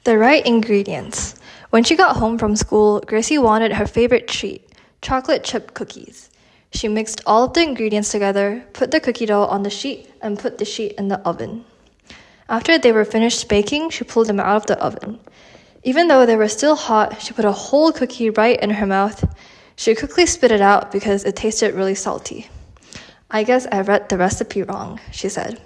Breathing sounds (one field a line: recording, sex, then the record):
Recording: reading aloud after running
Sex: female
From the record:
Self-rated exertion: light exertion (2 of 6)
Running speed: 5 miles an hour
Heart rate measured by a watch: 63 beats a minute at the start, 75 at the end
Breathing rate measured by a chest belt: 20 breaths a minute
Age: 18 years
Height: 167 cm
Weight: 50 kg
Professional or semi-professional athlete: no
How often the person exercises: 1 to 2 times a week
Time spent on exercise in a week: 1 to 2 hours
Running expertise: no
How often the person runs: 1 to 2 times a week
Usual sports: running, walking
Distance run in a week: 1 to 2 km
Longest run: 6 km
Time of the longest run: 34 minutes